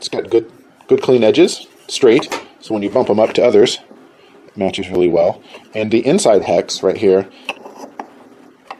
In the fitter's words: Those just click right in.